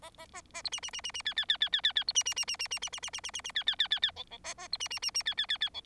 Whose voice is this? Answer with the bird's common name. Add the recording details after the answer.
Bengalese Finch. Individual Bird4